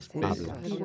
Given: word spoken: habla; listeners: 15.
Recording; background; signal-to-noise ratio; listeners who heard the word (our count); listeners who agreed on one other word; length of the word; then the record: one Spanish word in noise, from a listening test; four-talker babble; -2.9 dB; 0 of 15; 10 of 15; 0.45 s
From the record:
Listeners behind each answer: 10, 1, 1, 1, 1, 1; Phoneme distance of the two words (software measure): 7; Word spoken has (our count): 2 syllables, 4 phonemes, stress on syllable 1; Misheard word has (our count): 2 syllables, 5 phonemes, stress on syllable 1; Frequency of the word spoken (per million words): 108.79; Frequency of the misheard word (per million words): 6.78